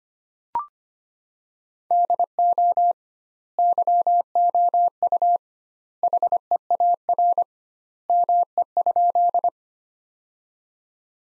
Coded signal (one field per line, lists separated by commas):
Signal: Morse code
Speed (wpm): 25 wpm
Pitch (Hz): 700 Hz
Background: none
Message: DO YOU HEAR ME?